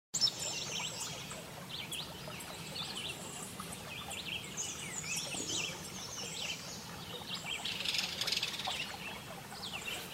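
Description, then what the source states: Birds singing, a scatter of faint high chirps and twitters over steady background noise. By a lake and forest.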